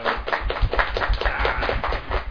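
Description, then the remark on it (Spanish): Light, soft applause from a few people closing a broadcast, a steady patter of claps lasting a couple of seconds with no voices. “No sin antes darnos un aplauso levecito, porque si lo le damos muy duro se oye como metalladora.”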